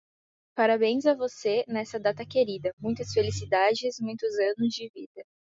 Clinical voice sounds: short text; Brazilian Portuguese; female; 18 to 19 years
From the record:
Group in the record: control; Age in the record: 19 years

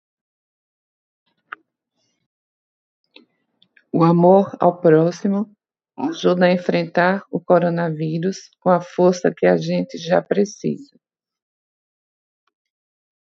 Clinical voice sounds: spoken sentence; Brazilian Portuguese; female; 50 to 59 years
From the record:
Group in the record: control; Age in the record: 59 years

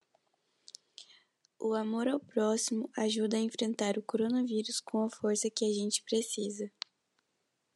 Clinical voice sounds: spoken sentence; Brazilian Portuguese; female; 18 to 19 years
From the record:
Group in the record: control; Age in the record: 18 years

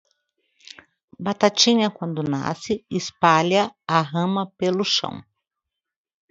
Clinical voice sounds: short text; Brazilian Portuguese; female; 50 to 59 years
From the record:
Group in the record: control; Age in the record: 58 years

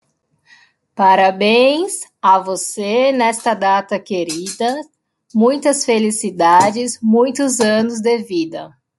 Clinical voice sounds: short text; Brazilian Portuguese; female; 20 to 29 years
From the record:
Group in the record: control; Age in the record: 29 years

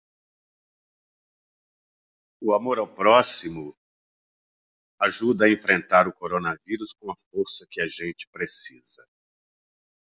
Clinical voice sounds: spoken sentence; Brazilian Portuguese; male; 60 to 69 years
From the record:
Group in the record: control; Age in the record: 64 years

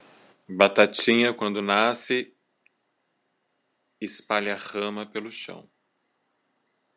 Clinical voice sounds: short text; Brazilian Portuguese; male; 40 to 49 years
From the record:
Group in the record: control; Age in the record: 41 years

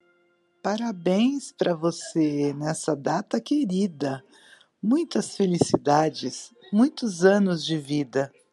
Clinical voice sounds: short text; Brazilian Portuguese; female; 50 to 59 years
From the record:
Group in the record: control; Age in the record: 57 years

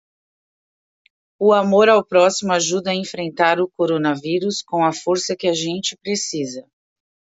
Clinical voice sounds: spoken sentence; Brazilian Portuguese; female; 40 to 49 years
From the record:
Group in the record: control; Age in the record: 48 years

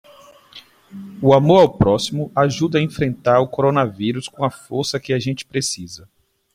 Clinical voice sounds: spoken sentence; Brazilian Portuguese; male; 30 to 39 years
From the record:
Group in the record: control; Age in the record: 39 years

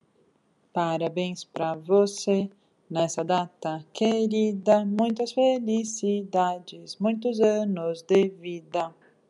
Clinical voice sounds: short text; Brazilian Portuguese; female; 40 to 49 years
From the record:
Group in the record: control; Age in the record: 41 years

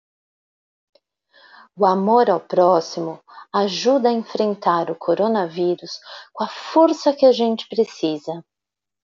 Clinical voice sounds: spoken sentence; Brazilian Portuguese; female; 40 to 49 years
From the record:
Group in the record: control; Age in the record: 43 years

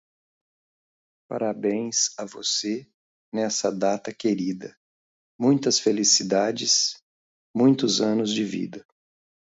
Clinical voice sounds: short text; Brazilian Portuguese; male; 50 to 59 years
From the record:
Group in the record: control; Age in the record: 56 years

